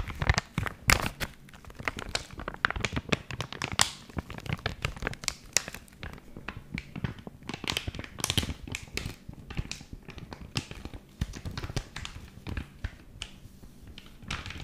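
Bags and plastic film are crinkled and rustled without pause, a dense run of sharp crackles and crisp snaps reaching high into the treble. Louder crunches stand out near the start and again around four and eight seconds, with softer scratchy handling in between.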